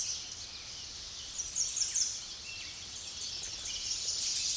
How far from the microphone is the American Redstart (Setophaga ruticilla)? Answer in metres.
about 25 m